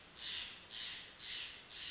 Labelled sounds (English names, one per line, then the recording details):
Steller's Jay
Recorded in Sonoma County, California